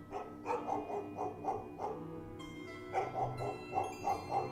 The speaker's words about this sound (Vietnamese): 11 giờ đêm, khi hàng xóm đã chìm sâu vào trong giấc ngủ, xa xa vọng lại tiếng chó cắn vu va vu vơ.